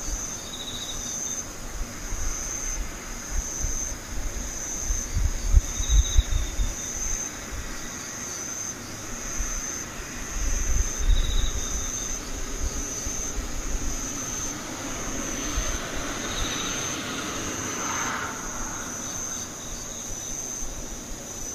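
Insects keep up a steady, high, thin drone throughout, with a softer chirping call repeating roughly every five seconds. Underneath, a low rumble of traffic or wind rises in short swells, heaviest around six and eleven seconds.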